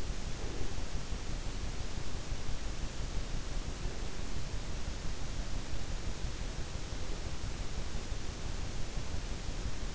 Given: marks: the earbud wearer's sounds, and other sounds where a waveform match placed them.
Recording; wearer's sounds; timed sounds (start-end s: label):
sounds in sleep by an in-ear microphone; breath
0.00-1.05 s: breath